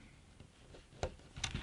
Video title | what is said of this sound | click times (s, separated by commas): Mavic Air 2 - New Landing Gear Accessory Review | then snap it open like that you'll hear it click same thing on the other side snap it open and | 1.0 s, 1.4 s